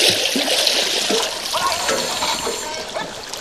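Divers who have been recovering rubbish from the river bed break the surface of the river, with steady churning and splashing water that hisses and gurgles at an even loudness for several seconds.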